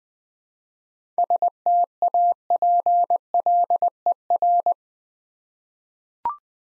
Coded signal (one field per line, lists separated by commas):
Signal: Morse code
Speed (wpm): 20 wpm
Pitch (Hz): 700 Hz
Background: none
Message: STAPLER